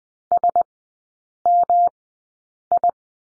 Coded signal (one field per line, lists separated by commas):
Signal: Morse code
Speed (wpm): 20 wpm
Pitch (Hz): 700 Hz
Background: none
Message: SMI